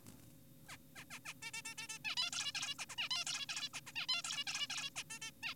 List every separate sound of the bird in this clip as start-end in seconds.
0.68-0.77, 0.96-1.04, 1.11-1.19, 1.26-1.34, 1.42-1.51, 1.54-1.62, 1.65-1.74, 1.78-1.88, 1.89-1.98, 2.05-2.16, 2.17-2.30, 2.33-2.52, 2.55-2.75, 2.79-2.86, 2.90-2.96, 2.98-3.09, 3.11-3.25, 3.27-3.46, 3.49-3.69, 3.74-3.80, 3.87-3.92, 3.96-4.06, 4.09-4.22, 4.24-4.44, 4.47-4.68, 4.70-4.90, 4.96-5.04, 5.10-5.18, 5.22-5.31, 5.43-5.54